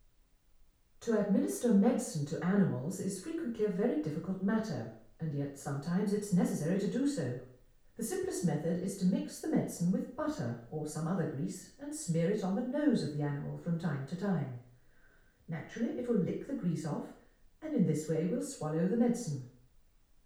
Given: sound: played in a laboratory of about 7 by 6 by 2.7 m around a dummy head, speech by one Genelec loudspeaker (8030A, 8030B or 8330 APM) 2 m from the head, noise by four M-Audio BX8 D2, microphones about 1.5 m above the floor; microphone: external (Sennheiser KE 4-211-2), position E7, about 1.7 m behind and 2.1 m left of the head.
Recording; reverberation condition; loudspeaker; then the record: female speech in English; medium; 60 degrees to the left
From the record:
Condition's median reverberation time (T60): about 510 ms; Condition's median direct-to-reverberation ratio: about -0.5 dB